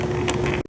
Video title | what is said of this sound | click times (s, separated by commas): 2015–2018 Chevy Silverado Driver Bottom Seat Cover Installation | Hear the familiar snaps, you'll know it's correct, and keep it in the center of the seat. | 0.3 s, 0.5 s